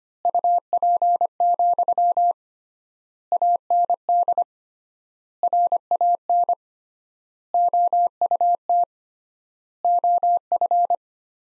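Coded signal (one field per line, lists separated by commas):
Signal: Morse code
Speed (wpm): 25 wpm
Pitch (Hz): 700 Hz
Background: none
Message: UP, AND RAN OUT OF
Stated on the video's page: Morse sentences built from the top 500 words, sent at 25 wpm with three times standard word spacing, a word-level analogue of Farnsworth spacing, for head-copy practice.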